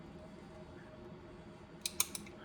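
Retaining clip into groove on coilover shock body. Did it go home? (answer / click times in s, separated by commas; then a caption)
yes / 1.9 s, 2.0 s. A metal retaining clip or collar is slid along an AFCO coilover shock body until it snaps into the groove at the top of the shock. Over a low background hum, sharp clicks sound at 1.9 s and 2.0 s, followed by a fainter tick just after. The clip is seated in the groove.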